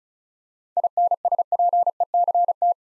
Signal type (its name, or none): Morse code